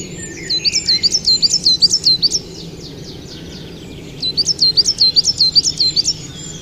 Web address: agykontroll Madardalok Cd 1. Fenyves cinege